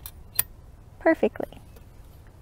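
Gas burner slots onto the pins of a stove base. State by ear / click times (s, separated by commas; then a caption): seated / 0.1 s, 0.4 s. The flexible slots on either side of a gas burner are slipped over the little pins of a stove base and snap into place with sharp clicks at about 0.1 and 0.4 seconds. After the clicks, someone talks. The burner is seated on the pins.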